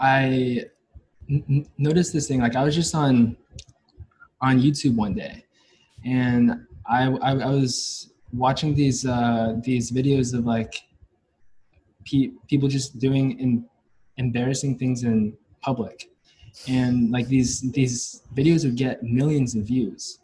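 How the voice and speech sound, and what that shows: Adult man, a fourth-year university neuroscience student who has stuttered since age 5 or 6, talking with repeated words and syllables, stretched sounds and long pauses: stuttered speech, a fluency disorder.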